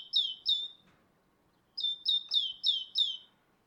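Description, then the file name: Great tit song, loud piercing notes repeated quickly, two notes then a run of five after a short gap. "Parus major"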